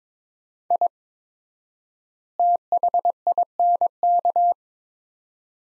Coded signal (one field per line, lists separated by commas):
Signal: Morse code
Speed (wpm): 21 wpm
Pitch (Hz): 700 Hz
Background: none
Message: I THINK